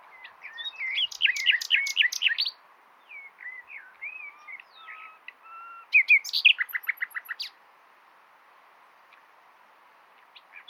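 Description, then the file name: Common nightingale song: a loud rapid rattle of repeated notes, soft fluting whistles, then another fast churring burst before a long quiet gap. "Luscinia megarhynchos"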